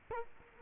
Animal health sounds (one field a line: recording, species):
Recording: mosquito wingbeat signal from an infrared sensor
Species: Culex quinquefasciatus